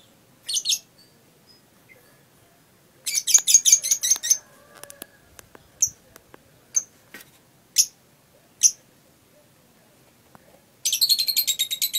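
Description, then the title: Lovebird song: a fast stuttering trill of high notes, then a series of separate shrill chirps, closing with another rapid trill. Masteran, a training song recording for caged birds. "MASTERAN BURUNG 2. lovebird"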